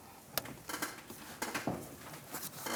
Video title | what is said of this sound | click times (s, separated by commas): How to Replace Heater Core 2007-2013 Chevy Silverado | And it should lock in place. | 0.4 s